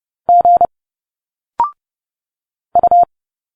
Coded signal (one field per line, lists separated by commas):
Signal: Morse code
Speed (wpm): 30 wpm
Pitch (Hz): 700 Hz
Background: none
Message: G U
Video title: Morse code 30 wpm - Letters A to Z - Direct sound conversion